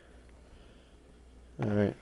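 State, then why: Not seated. A finger slides down the plastic keyboard edge of an Acer Aspire One D257 netbook to free the keyboard's retaining tab from the chassis. Only a faint, quiet rustle is heard before someone talks near the end. Nothing has popped or clicked yet, because a second tab above the F1 key is still holding the keyboard in.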